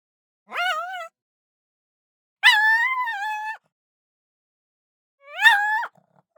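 Pug yelping three times, each cry high and wavering, with silence between.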